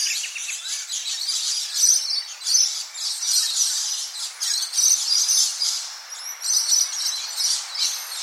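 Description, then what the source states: Scaly-breasted Lorikeet giving steady, high-pitched screeching that rises and falls in loudness. Known for its high-pitched screech; Mount Molloy, Queensland, Australia.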